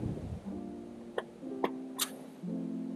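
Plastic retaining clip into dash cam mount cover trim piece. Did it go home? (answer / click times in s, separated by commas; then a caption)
yes / 1.2 s, 1.6 s. While installing a FITCAMX dash cam in a GX550, a plastic retaining clip transferred from the original mirror-area cover is pressed into the new unit's mount cover trim piece. Two sharp plastic snaps at 1.2 s and 1.6 s mark the clip seating over steady background music.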